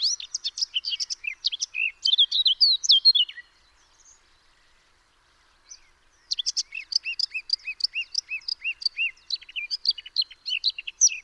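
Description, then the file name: Eurasian blackcap singing, a rapid twittering warble, a near-silent gap of about three seconds, then another fast run of high notes with repeated looping whistles. "Sylvia atricapilla"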